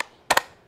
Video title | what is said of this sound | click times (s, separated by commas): Mi nueva Hidrolavadora Karcher K3 Follow me. | este es el que lo libera entonces aquí también deberíamos escuchar un clic y con eso es suficiente | 0.3 s